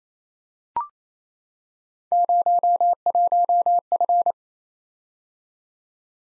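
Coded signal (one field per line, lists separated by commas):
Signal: Morse code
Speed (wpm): 29 wpm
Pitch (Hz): 700 Hz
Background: none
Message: 01F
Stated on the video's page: Morse head-copy drill of random three-character letter-number combinations at 28 wpm, each sent, spoken, then sent again.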